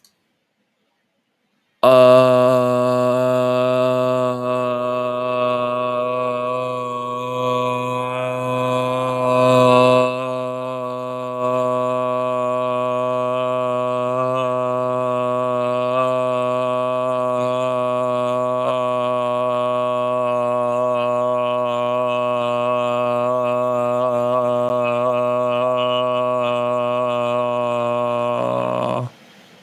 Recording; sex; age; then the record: vowel held as long as possible; male; 18 to 19 years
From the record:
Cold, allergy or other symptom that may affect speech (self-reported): no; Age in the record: 19 years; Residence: California, United States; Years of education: 13